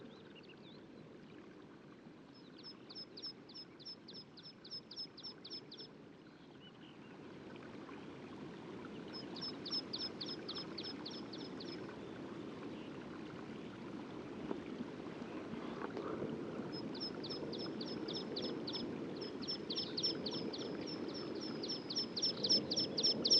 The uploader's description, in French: lever du jour à l'écoute des oiseaux au col du Granon (2400 m altitude) dans les Hautes Alpes au-dessus de Briançon